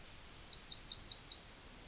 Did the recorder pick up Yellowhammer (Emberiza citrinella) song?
yes